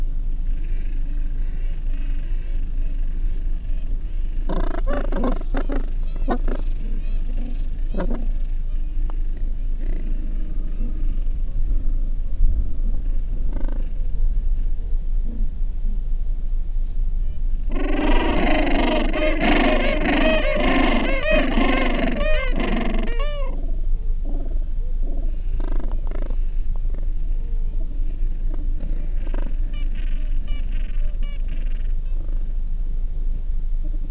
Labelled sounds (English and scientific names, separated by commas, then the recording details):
Gentoo Penguin (Pygoscelis papua)
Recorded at the colony at Selvic Cove, Antarctica, on 13 December 2015
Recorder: Song Meter SM2+